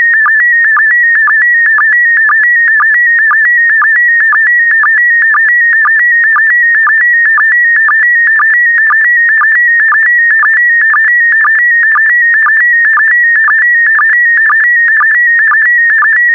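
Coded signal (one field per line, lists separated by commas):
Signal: SSTV (slow-scan television)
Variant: PD120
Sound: warbling tone stepping between pitches, short low sync blip about twice a second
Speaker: get ready starting transmission in 5 4 3 2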